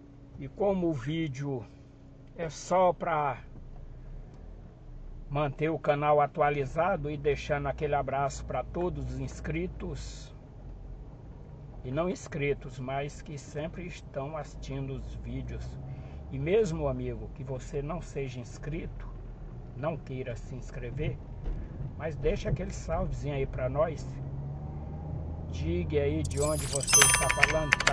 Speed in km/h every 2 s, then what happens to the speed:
0, 0, 2, 0, 0, 0, 0, 5, 13, 11, 11, 11, 17, 17.
0-12 standing. 12-16 pulls away to 13. 16-22 steady at about 11. 22-25 speeds up to 17.